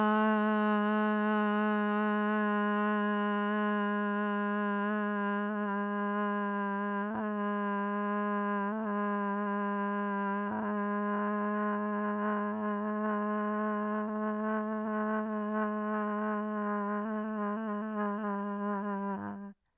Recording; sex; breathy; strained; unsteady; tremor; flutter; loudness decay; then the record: sustained vowel /a/; female; absent; absent; present; absent; absent; present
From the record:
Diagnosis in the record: Parkinson's disease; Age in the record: 67 years